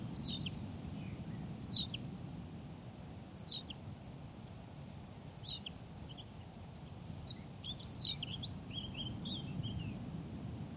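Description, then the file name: Tawny pipit song, fainter, with repeated short chirped phrases every couple of seconds and some softer twitters, over a strong low-pitched rumble. "Pipit rousseline Anthus campestris"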